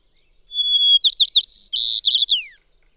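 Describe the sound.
White-crowned sparrow singing a single phrase: a clear sustained whistle, several sharp slurred notes, buzzy trills, then a falling note at the end.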